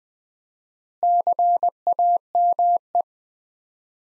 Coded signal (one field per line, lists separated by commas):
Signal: Morse code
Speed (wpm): 20 wpm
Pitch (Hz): 700 Hz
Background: none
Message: CAME